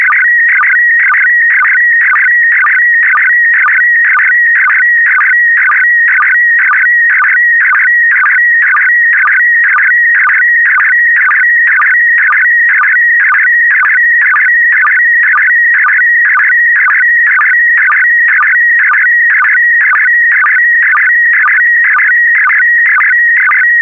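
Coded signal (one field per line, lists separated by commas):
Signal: SSTV (slow-scan television)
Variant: PD120 mode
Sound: warbling whine around 1.5-2.3 kHz with regular short low sync chirps, steady rhythm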